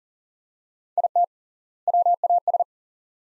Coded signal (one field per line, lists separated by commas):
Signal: Morse code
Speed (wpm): 38 wpm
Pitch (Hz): 700 Hz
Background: none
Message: IT WAS